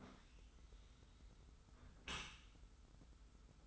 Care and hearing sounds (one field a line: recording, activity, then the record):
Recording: daily activity, microphone in the room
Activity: close dishwasher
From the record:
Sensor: 3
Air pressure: 991.3 hPa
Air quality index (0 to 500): 139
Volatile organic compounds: 276 ppm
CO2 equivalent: 4427 ppm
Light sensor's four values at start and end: 54/145/59/52 and 54/145/59/52